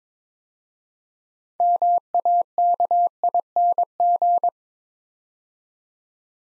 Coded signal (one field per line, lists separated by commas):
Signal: Morse code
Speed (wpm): 22 wpm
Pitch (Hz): 700 Hz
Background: none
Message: MAKING